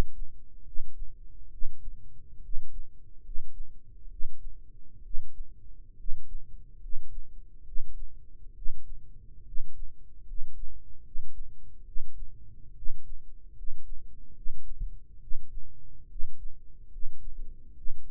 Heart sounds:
heart sounds by microphone in the right ear; 70 bpm
0.61 s: heartbeat
1.47 s: heartbeat
2.38 s: heartbeat
3.19 s: heartbeat
4.06 s: heartbeat
4.99 s: heartbeat
5.93 s: heartbeat
6.76 s: heartbeat
7.61 s: heartbeat
8.51 s: heartbeat
9.41 s: heartbeat
10.21 s: heartbeat
10.99 s: heartbeat
11.81 s: heartbeat
12.71 s: heartbeat
13.51 s: heartbeat
14.30 s: heartbeat
15.16 s: heartbeat
16.05 s: heartbeat
16.86 s: heartbeat
17.71 s: heartbeat
From the record:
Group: healthy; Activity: rest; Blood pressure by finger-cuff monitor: 102/59 mmHg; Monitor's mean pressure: 67 mmHg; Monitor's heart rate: 73 bpm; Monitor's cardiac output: 7.5 L/min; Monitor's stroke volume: 106 mL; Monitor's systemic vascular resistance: 620 dyn s/cm5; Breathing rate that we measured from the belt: 18 breaths a minute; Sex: male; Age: 22 years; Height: 185 cm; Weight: 112.4 kg

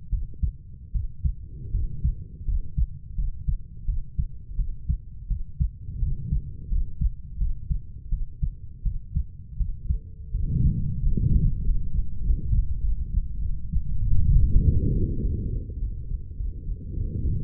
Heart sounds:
heart sounds by stethoscope; 89 bpm
0.10 s: heartbeat
0.92 s: heartbeat
1.71 s: heartbeat
2.45 s: heartbeat
3.15 s: heartbeat
3.85 s: heartbeat
4.56 s: heartbeat
5.28 s: heartbeat
5.99 s: heartbeat
6.69 s: heartbeat
7.38 s: heartbeat
8.09 s: heartbeat
8.83 s: heartbeat
9.57 s: heartbeat
10.31 s: heartbeat
11.00 s: heartbeat
11.62 s: heartbeat
12.22 s: heartbeat
12.80 s: heartbeat
13.39 s: heartbeat
14.00 s: heartbeat
14.62 s: heartbeat
15.21 s: heartbeat
15.80 s: heartbeat
16.37 s: heartbeat
16.94 s: heartbeat
From the record:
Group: healthy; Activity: rest 0-10 s, cold pressor test 10-17 s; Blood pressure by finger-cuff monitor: 103/46 mmHg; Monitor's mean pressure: 66 mmHg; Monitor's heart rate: 86 bpm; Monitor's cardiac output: 9.9 L/min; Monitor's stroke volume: 117 mL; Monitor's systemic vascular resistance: 460 dyn s/cm5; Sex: female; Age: 32 years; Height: 168 cm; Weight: 61.9 kg

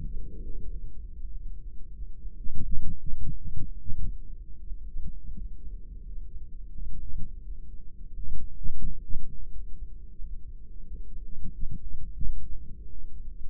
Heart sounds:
heart sounds by microphone in the right ear; 89 bpm
0.10 s: heartbeat
0.69 s: heartbeat
1.30 s: heartbeat
1.95 s: heartbeat
2.61 s: heartbeat
3.28 s: heartbeat
3.96 s: heartbeat
4.65 s: heartbeat
5.35 s: heartbeat
6.04 s: heartbeat
6.73 s: heartbeat
7.42 s: heartbeat
8.12 s: heartbeat
8.82 s: heartbeat
9.51 s: heartbeat
10.17 s: heartbeat
10.84 s: heartbeat
11.51 s: heartbeat
12.20 s: heartbeat
12.88 s: heartbeat
From the record:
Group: heart failure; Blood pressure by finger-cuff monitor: 107/71 mmHg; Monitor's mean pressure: 84 mmHg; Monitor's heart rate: 89 bpm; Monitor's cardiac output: 4.4 L/min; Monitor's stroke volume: 50 mL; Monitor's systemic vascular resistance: 1380 dyn s/cm5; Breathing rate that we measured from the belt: 18 breaths a minute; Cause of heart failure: ischemic heart disease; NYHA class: 2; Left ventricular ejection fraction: 34%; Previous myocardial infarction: present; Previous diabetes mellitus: present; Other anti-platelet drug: present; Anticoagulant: apixaban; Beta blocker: bisoprolol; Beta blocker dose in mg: 10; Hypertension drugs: sacubitril-valsartan, spironolactone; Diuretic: furosemide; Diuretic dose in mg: 40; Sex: male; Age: 57 years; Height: 149 cm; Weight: 44.5 kg

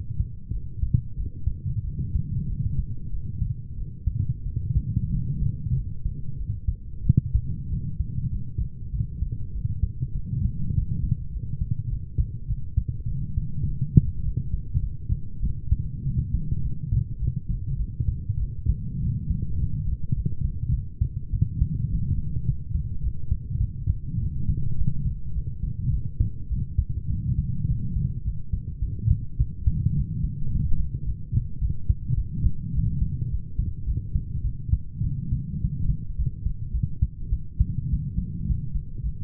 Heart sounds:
heart sounds by stethoscope; 101 bpm
0.51 s: heartbeat
1.15 s: heartbeat
1.83 s: heartbeat
2.48 s: heartbeat
3.10 s: heartbeat
3.75 s: heartbeat
4.45 s: heartbeat
5.11 s: heartbeat
5.75 s: heartbeat
6.37 s: heartbeat
7.03 s: heartbeat
7.69 s: heartbeat
8.30 s: heartbeat
8.91 s: heartbeat
9.52 s: heartbeat
10.14 s: heartbeat
10.73 s: heartbeat
11.31 s: heartbeat
11.89 s: heartbeat
12.47 s: heartbeat
13.07 s: heartbeat
13.65 s: heartbeat
14.23 s: heartbeat
14.81 s: heartbeat
15.41 s: heartbeat
16.04 s: heartbeat
16.62 s: heartbeat
17.20 s: heartbeat
17.78 s: heartbeat
18.39 s: heartbeat
19.00 s: heartbeat
19.58 s: heartbeat
20.14 s: heartbeat
20.71 s: heartbeat
21.32 s: heartbeat
21.89 s: heartbeat
22.45 s: heartbeat
23.02 s: heartbeat
23.59 s: heartbeat
24.19 s: heartbeat
24.76 s: heartbeat
25.33 s: heartbeat
25.90 s: heartbeat
26.49 s: heartbeat
27.08 s: heartbeat
27.67 s: heartbeat
28.23 s: heartbeat
28.81 s: heartbeat
29.38 s: heartbeat
29.95 s: heartbeat
30.51 s: heartbeat
31.05 s: heartbeat
31.60 s: heartbeat
32.16 s: heartbeat
32.73 s: heartbeat
33.30 s: heartbeat
33.86 s: heartbeat
34.43 s: heartbeat
35.03 s: heartbeat
35.60 s: heartbeat
36.17 s: heartbeat
36.73 s: heartbeat
37.31 s: heartbeat
37.89 s: heartbeat
38.46 s: heartbeat
39.02 s: heartbeat
From the record:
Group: healthy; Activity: light exercise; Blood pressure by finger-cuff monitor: 134/72 mmHg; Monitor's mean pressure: 89 mmHg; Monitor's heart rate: 102 bpm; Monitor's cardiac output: 8.7 L/min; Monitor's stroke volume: 86 mL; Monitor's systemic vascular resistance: 730 dyn s/cm5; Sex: female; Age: 22 years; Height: 160 cm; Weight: 63 kg

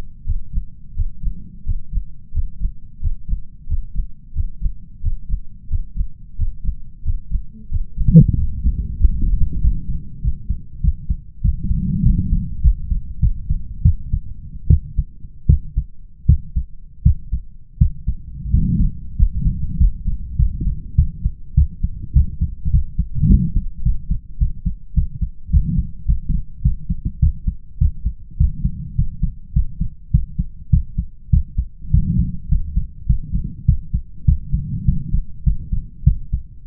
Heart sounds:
heart sounds by stethoscope; 96 bpm
0.24 s: heartbeat
0.94 s: heartbeat
1.63 s: heartbeat
2.31 s: heartbeat
2.99 s: heartbeat
3.66 s: heartbeat
4.32 s: heartbeat
5.00 s: heartbeat
5.68 s: heartbeat
6.36 s: heartbeat
7.02 s: heartbeat
7.69 s: heartbeat
8.35 s: heartbeat
8.97 s: heartbeat
9.60 s: heartbeat
10.20 s: heartbeat
10.80 s: heartbeat
11.41 s: heartbeat
12.02 s: heartbeat
12.60 s: heartbeat
13.19 s: heartbeat
13.82 s: heartbeat
14.67 s: heartbeat
15.46 s: heartbeat
16.26 s: heartbeat
17.02 s: heartbeat
17.77 s: heartbeat
18.50 s: heartbeat
19.16 s: heartbeat
19.77 s: heartbeat
20.36 s: heartbeat
20.95 s: heartbeat
21.54 s: heartbeat
22.12 s: heartbeat
22.70 s: heartbeat
23.27 s: heartbeat
23.82 s: heartbeat
24.38 s: heartbeat
24.93 s: heartbeat
25.49 s: heartbeat
26.05 s: heartbeat
26.61 s: heartbeat
27.19 s: heartbeat
27.77 s: heartbeat
28.36 s: heartbeat
28.95 s: heartbeat
29.52 s: heartbeat
30.10 s: heartbeat
30.69 s: heartbeat
31.29 s: heartbeat
31.90 s: heartbeat
32.48 s: heartbeat
33.06 s: heartbeat
33.65 s: heartbeat
34.24 s: heartbeat
34.84 s: heartbeat
35.43 s: heartbeat
36.03 s: heartbeat
36.66 s: heartbeat
From the record:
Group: healthy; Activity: Valsalva maneuver 0-4 s, rest 4-37 s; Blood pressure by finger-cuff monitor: 125/69 mmHg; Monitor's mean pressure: 92 mmHg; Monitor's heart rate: 100 bpm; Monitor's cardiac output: 8.1 L/min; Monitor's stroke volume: 83 mL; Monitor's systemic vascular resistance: 820 dyn s/cm5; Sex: male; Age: 21 years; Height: 180 cm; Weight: 67.5 kg

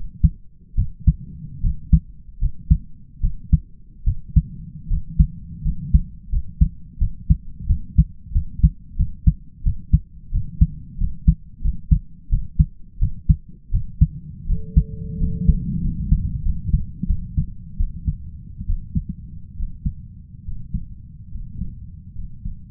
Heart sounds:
heart sounds by stethoscope; 81 bpm
0.75 s: heartbeat
1.61 s: heartbeat
2.39 s: heartbeat
3.20 s: heartbeat
4.04 s: heartbeat
4.88 s: heartbeat
5.62 s: heartbeat
6.29 s: heartbeat
6.98 s: heartbeat
7.66 s: heartbeat
8.32 s: heartbeat
8.96 s: heartbeat
9.63 s: heartbeat
10.31 s: heartbeat
10.98 s: heartbeat
11.61 s: heartbeat
12.29 s: heartbeat
12.99 s: heartbeat
13.71 s: heartbeat
14.46 s: heartbeat
15.18 s: heartbeat
15.81 s: heartbeat
16.42 s: heartbeat
17.06 s: heartbeat
17.77 s: heartbeat
18.66 s: heartbeat
19.56 s: heartbeat
20.44 s: heartbeat
21.30 s: heartbeat
22.14 s: heartbeat
From the record:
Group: healthy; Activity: rest 0-14 s, Valsalva maneuver 14-23 s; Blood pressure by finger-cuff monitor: 121/68 mmHg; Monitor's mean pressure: 80 mmHg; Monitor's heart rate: 82 bpm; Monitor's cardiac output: 5.9 L/min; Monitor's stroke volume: 72 mL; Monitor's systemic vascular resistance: 970 dyn s/cm5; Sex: male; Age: 20 years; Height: 167 cm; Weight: 61 kg

